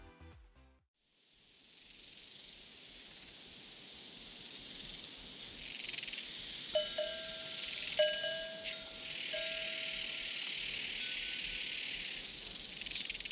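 A dense, steady chorus of prairie crickets fills the air with a bright, shimmering hiss that swells slightly after the first seconds. From about seven to ten seconds, a few hollow metallic cowbell clanks ring out, each with a short ringing tail.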